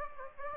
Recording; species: mosquito wingbeat signal from an infrared sensor; Aedes aegypti